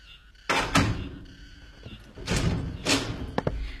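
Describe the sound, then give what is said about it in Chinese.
A girl opens the door of her family's flat in a mid-rise apartment building for a visitor: a heavy clunk and rattle, a second longer scraping surge of noise, then a few quick sharp clicks as the latch settles. No one speaks. “我妈妈在家，我给你开门啊。”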